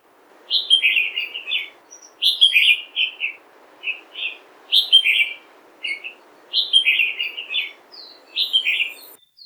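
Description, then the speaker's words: Red-whiskered bulbul song: short bright warbled phrases of slurred whistled notes, repeated in several bursts over faint background noise. Species introduced to Oahu from escaped caged birds, native across southern Asia; high-pitched warbling song heard in the morning dawn chorus in many places across Oahu. "Their high-pitched warbling song can commonly be heard as part of the dawn chorus outside your window in the morning in many places across Oahu."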